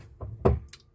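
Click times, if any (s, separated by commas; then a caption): 0.5 s. On a 2024 Laika Kosmo L319 motorhome, the plastic fresh-water tank drain dial is turned slowly anticlockwise until it reaches its detent. A soft tap at about 0.2 s is followed by a sharp, loud click at 0.5 s, then faint high ticks near 0.7 s. The dial seats at that detent, which drains the tank down to 20 litres (20 kilos) so the weight can be calculated.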